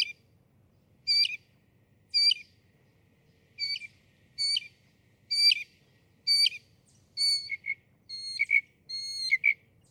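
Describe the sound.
Northern mockingbird song: sharp chip notes about once a second, shifting to clearer whistled notes near the end.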